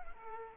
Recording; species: mosquito wingbeat signal from an infrared sensor; Aedes aegypti